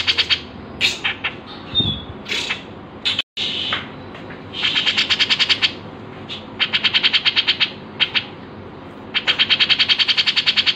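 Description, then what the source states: Grey-cheeked bulbul with scattered single notes and clicks at first, then a few bursts of rapid, sharp repeated notes. Masteran, a training recording used to tutor songbirds.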